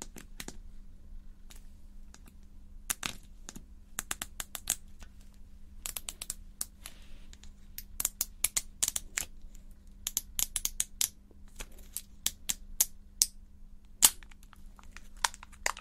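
Sharp, bright taps and clicks on a box and its lid come in irregular bursts, sometimes quick clusters, sometimes single knocks with short pauses between. A steady low hum and faint rumble sit underneath throughout.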